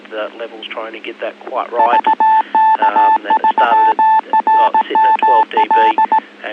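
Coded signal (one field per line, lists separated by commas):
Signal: Morse code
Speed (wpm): 17 wpm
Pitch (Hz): 880 Hz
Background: speech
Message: VK3RML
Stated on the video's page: EasyPal digital slow scan TV net via a 146.700 MHz repeater, weekly Thursday evening photo exchange, log recording.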